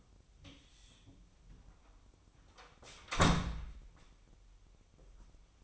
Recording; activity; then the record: daily activity, microphone in the room; close door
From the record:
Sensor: 1